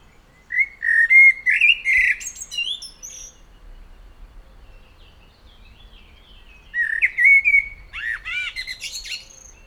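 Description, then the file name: Common blackbird song in two phrases: low fluty whistles climbing into high twittering squeaks, separated by a few seconds of quiet. "Turdus merula"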